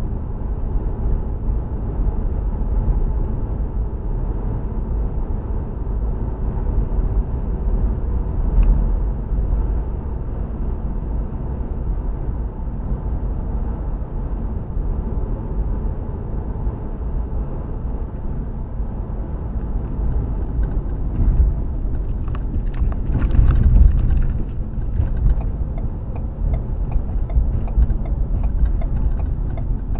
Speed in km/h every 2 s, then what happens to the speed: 61, 63, 64, 66, 66, 64, 63, 63, 63, 58, 44, 35, 37, 39, 32.
0-16 steady at about 63. 16-22 brakes to 35. 26-30 slows to 32.